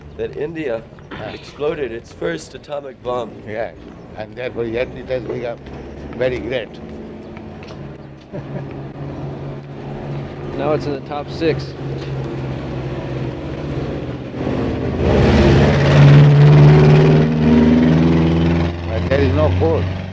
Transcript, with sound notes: That India exploded its first atomic bomb.
Yes, and therefore yet it has become very great. [laughs]
Now it's in the top six.
But there is no food.